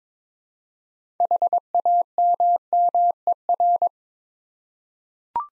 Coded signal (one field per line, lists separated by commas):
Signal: Morse code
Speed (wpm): 22 wpm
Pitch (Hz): 700 Hz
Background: none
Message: HAMMER